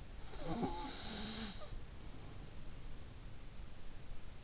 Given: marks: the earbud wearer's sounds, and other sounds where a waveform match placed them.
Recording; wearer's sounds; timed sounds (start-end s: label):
sounds in sleep by an in-ear microphone; snoring breath
0.26-3.04 s: snoring breath